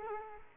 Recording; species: mosquito wingbeat signal from an infrared sensor; Culex quinquefasciatus